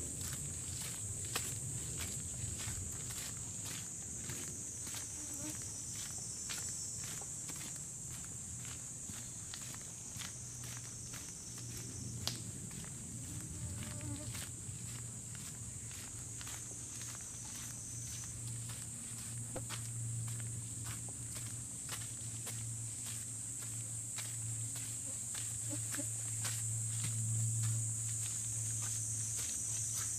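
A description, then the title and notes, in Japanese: Footsteps on a summer mountain walk crunch along in a steady, fairly quick rhythm. A dense, unbroken high insect buzz fills the whole half minute, wavering slightly, while a low steady hum runs underneath and grows a little stronger toward the end. 環境音 夏山を歩く。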